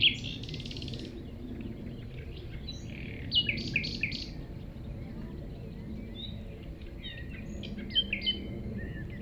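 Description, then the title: Common nightingale phrases of rattling repeated notes and short whistles, spaced by pauses, against a broad low rumble of background noise. At 195 Rue de Vars, Chindrieux, France; recordist approached the singing nightingale on foot through tall grass; while singing it is deaf to outside noise. "195 Rue de Vars, 73310 Chindrieux, France - approche d'un rossignol"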